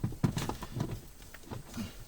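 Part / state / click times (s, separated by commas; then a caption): black wiring harness plug into body control module / not seated / none. A black plastic multi-pin wiring harness plug is handled at the body control module socket of a 2014–2021 Nissan Rogue or 2017–2021 Rogue Sport during a plug-and-play remote start install (3X Lock, MyCar RFK411). Short, sharp plastic taps and knocks are heard, strongest near 0.2–0.8 s with another at 1.4 s, over a low rustle. The plug is being pushed toward the socket, but nothing has seated or clicked yet.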